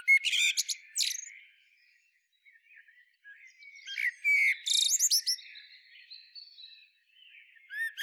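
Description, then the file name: Common blackbird with two phrases of warbled notes and high squeaky chatter, a few seconds apart, with faint twittering between. "Turdus merula"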